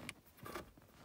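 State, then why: Not seated. The shift cable ends are being handled and pushed back down toward their studs on a freshly tightened short throw shifter in a 2.2 Chevrolet Cobalt. A sharp tick sounds near 0.1 s and a softer knock near 0.6 s over low background noise. Nothing has seated or clicked into place yet.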